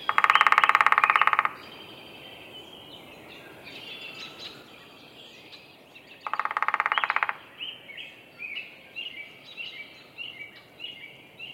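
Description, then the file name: Downy woodpecker drumming, two rapid even rolls of taps lasting one to one and a half seconds each, with small birds chirping and twittering in the background. Drumming, recorded at Roberts Bird Sanctuary, Minnesota. "Picoides pubescens drumming Roberts Bird Sanctuary, Minnesota"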